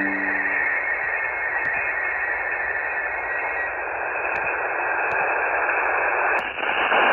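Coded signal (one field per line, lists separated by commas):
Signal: POCSAG pager data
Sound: continuous harsh buzzing data hiss that changes character near the end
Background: radio static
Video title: 27.550 MHz FM Paging Signals Data Links Pager Transmissions POCSAG RX: G8JNJ SDR 14 June 2024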